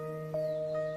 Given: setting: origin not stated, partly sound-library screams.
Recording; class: one-second piece from a danger detection set; normal situation